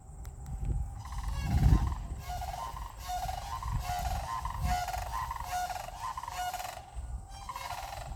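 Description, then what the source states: Cranes calling: rolling, trumpeting notes repeated in bursts, over a heavy low rumble. Cranes at Bauer Road.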